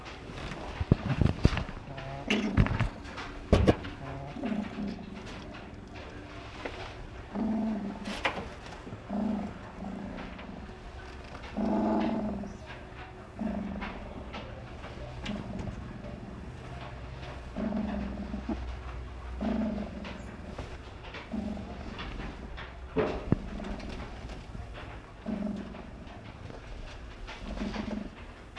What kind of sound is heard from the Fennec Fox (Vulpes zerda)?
call